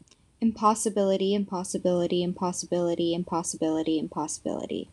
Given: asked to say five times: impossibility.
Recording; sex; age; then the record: repeated word; female; 20 to 29 years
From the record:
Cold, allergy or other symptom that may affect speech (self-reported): no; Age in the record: 23 years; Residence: California, United States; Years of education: 16